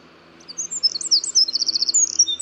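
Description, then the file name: Eurasian wren song: a fast, varied stream of high chirps building into a rattling trill of rapid repeated notes, then thin high whistles. "Troglodytes troglodytes"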